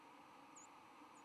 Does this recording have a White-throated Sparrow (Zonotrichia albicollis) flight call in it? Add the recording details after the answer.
no. Another species' flight call is heard. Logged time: 07:31 on 10 November 2014